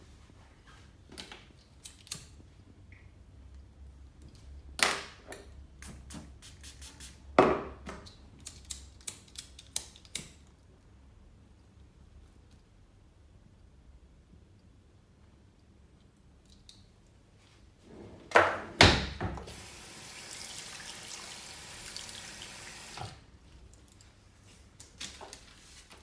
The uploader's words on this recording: Men's shave & Turkish massage. Beard cut, sheet washing and magic massage.